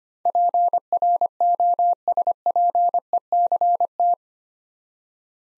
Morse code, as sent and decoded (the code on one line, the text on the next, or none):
.--. .-. --- ... .--. . -.-. -
PROSPECT